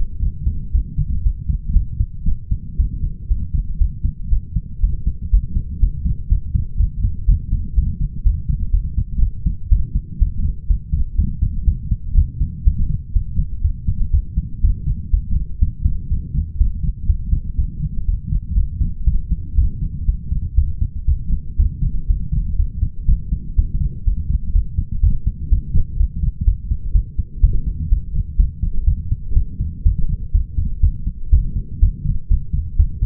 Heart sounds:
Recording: heart sounds by stethoscope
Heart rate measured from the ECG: 122 bpm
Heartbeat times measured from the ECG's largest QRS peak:
0.21 s: heartbeat
0.73 s: heartbeat
1.24 s: heartbeat
1.74 s: heartbeat
2.25 s: heartbeat
2.77 s: heartbeat
3.29 s: heartbeat
3.79 s: heartbeat
4.30 s: heartbeat
4.81 s: heartbeat
5.31 s: heartbeat
5.80 s: heartbeat
6.29 s: heartbeat
6.78 s: heartbeat
7.27 s: heartbeat
7.76 s: heartbeat
8.24 s: heartbeat
8.72 s: heartbeat
9.20 s: heartbeat
9.70 s: heartbeat
10.19 s: heartbeat
10.68 s: heartbeat
11.16 s: heartbeat
11.66 s: heartbeat
12.16 s: heartbeat
12.65 s: heartbeat
13.14 s: heartbeat
13.62 s: heartbeat
14.12 s: heartbeat
14.62 s: heartbeat
15.11 s: heartbeat
15.60 s: heartbeat
16.09 s: heartbeat
16.59 s: heartbeat
17.07 s: heartbeat
17.57 s: heartbeat
18.06 s: heartbeat
18.55 s: heartbeat
19.05 s: heartbeat
19.56 s: heartbeat
20.06 s: heartbeat
20.56 s: heartbeat
21.06 s: heartbeat
21.57 s: heartbeat
22.08 s: heartbeat
22.57 s: heartbeat
23.07 s: heartbeat
23.56 s: heartbeat
24.05 s: heartbeat
24.53 s: heartbeat
25.01 s: heartbeat
25.50 s: heartbeat
25.98 s: heartbeat
26.45 s: heartbeat
26.93 s: heartbeat
27.41 s: heartbeat
27.90 s: heartbeat
28.37 s: heartbeat
28.85 s: heartbeat
29.35 s: heartbeat
29.84 s: heartbeat
30.33 s: heartbeat
30.81 s: heartbeat
31.31 s: heartbeat
31.81 s: heartbeat
32.29 s: heartbeat
32.78 s: heartbeat
From the record:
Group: healthy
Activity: light exercise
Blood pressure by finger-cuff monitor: 151/76 mmHg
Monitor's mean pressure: 97 mmHg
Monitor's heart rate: 122 bpm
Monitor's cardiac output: 9.3 L/min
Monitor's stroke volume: 76 mL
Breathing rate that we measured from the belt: 29 breaths a minute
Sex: male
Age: 22 years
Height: 181 cm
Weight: 60 kg

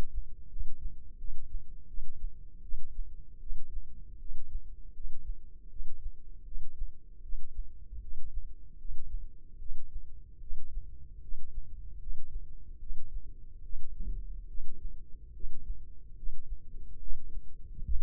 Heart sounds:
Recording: heart sounds by microphone in the left ear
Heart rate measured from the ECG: 76 bpm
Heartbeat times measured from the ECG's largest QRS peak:
0.48 s: heartbeat
1.17 s: heartbeat
1.86 s: heartbeat
2.61 s: heartbeat
3.39 s: heartbeat
4.17 s: heartbeat
4.92 s: heartbeat
5.68 s: heartbeat
6.43 s: heartbeat
7.21 s: heartbeat
8.00 s: heartbeat
8.77 s: heartbeat
9.58 s: heartbeat
10.39 s: heartbeat
11.20 s: heartbeat
11.98 s: heartbeat
12.78 s: heartbeat
13.62 s: heartbeat
14.46 s: heartbeat
15.32 s: heartbeat
16.14 s: heartbeat
16.98 s: heartbeat
17.82 s: heartbeat
From the record:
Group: healthy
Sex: female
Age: 19 years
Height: 163 cm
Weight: 51 kg

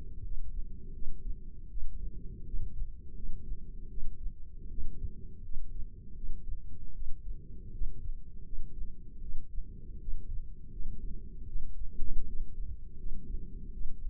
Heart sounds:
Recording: heart sounds by microphone in the left ear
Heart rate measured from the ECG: 80 bpm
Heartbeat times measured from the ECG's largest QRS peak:
0.23 s: heartbeat
0.93 s: heartbeat
1.69 s: heartbeat
2.45 s: heartbeat
3.15 s: heartbeat
3.89 s: heartbeat
4.70 s: heartbeat
5.42 s: heartbeat
6.15 s: heartbeat
6.94 s: heartbeat
7.72 s: heartbeat
8.44 s: heartbeat
9.21 s: heartbeat
9.99 s: heartbeat
10.70 s: heartbeat
11.47 s: heartbeat
12.26 s: heartbeat
12.97 s: heartbeat
13.72 s: heartbeat
From the record:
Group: healthy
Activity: rest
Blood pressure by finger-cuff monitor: 163/86 mmHg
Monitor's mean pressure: 107 mmHg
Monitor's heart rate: 79 bpm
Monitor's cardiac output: 7.1 L/min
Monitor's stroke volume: 90 mL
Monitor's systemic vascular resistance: 1110 dyn s/cm5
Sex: female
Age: 22 years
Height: 154 cm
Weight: 58.7 kg

